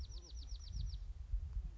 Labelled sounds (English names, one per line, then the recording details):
Bewick's Wren
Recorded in Sonoma County, California